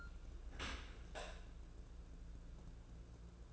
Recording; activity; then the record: daily activity, microphone in the room; open dishwasher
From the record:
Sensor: 2